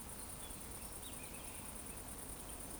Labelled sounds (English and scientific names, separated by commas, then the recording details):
Eurasian Woodcock (Scolopax rusticola) whistle
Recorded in Baden-Württemberg, Germany, on 25 June 2020 at 20:10 UTC
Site 14569, 102 m above sea level